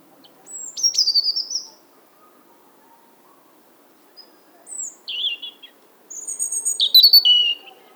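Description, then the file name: European robin song in three high, thin phrases of whistles and quick trills, the first followed by a long gap and the last two close together. "Erithacus rubecula"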